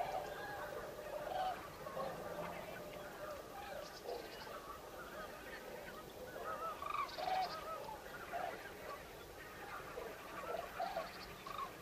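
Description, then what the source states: Common cranes calling in a flock, many overlapping trumpeting, rolling calls throughout. Recorded 5 November 2018.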